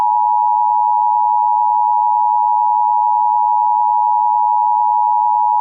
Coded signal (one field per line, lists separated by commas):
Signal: Emergency Alert System (SAME) tones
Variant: 853 and 960 Hz attention tone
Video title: EAS #894-895: 2 EAS Required Monthly Tests- Dec. 7, 2023- 12:15AM PST